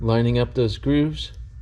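The hooked ends of a cast iron sealing ring on an automatic transmission center support are being squeezed together so the grooves at its two ends line up to interlock. Someone talks throughout, with no distinct tick or snap heard. Nothing has seated or clicked yet.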